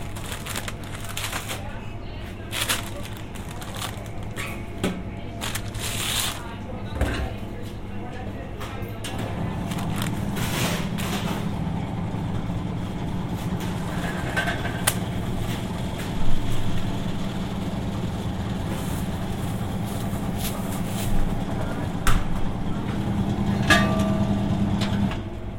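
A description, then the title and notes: A trip to the grocery store, with a steady low rumble like an idling vehicle or building machinery underneath throughout. Muffled voices and short clicks and clatters come through, sharper knocks near 7, 16 and 22 seconds, and the hum grows fuller after ten seconds. Binaural trip to the grocery store.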